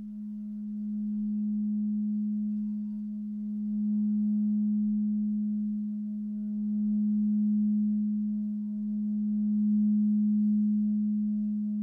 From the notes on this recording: immersive sound bath using her signature planetary gongs that are tuned to the frequencies of each planet